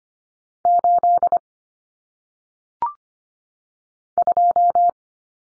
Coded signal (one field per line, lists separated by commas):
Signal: Morse code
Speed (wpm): 25 wpm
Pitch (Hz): 700 Hz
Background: none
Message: 8 2